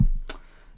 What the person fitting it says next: Il y a un petit clic sur le chargeur, donc il faut bien enfoncer le câble.